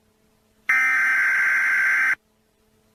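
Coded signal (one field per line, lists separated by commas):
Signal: Emergency Alert System (SAME) tones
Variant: header bursts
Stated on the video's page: Simulated EAS scenario, not a real alert.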